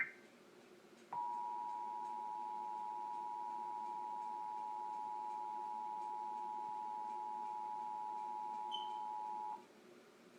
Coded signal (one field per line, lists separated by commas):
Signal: Emergency Alert System (SAME) tones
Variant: 853 and 960 Hz attention tone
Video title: Emergency Alert System - Required Monthly Test 10/14/15